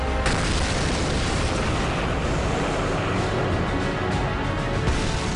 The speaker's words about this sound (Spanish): Se escuchó un estruendo como nunca había oído en combate. Algo así como el sonido de un tren de alta velocidad pasando por un túnel. Me quedé asombrado y luego escuché una explosión.